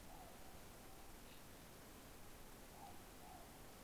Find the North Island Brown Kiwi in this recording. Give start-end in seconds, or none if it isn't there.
none